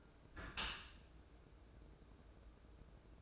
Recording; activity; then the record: daily activity, microphone in the room; close dishwasher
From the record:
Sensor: 2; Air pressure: 1012.2 hPa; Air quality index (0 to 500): 148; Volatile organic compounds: 2 ppm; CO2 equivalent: 1085 ppm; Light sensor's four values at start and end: 408/1016/410/418 and 409/1018/411/419